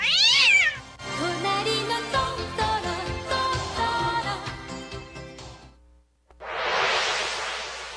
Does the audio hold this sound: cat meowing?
yes